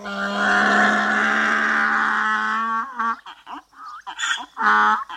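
donkey braying

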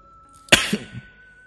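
coughing

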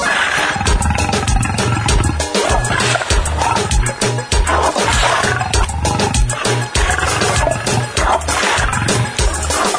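tiger roar sound effect

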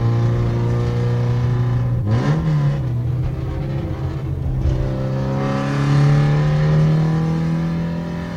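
car engine revving

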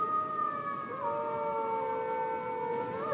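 wolf howling

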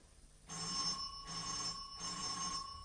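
doorbell ringing

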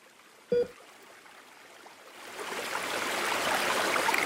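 flowing river water

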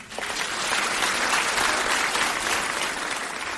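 audience applause

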